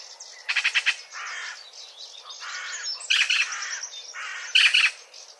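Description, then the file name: Eurasian magpie chattering in harsh, rasping bursts, with a quick rattled series early on and scratchy, noisy notes later. "Pica pica"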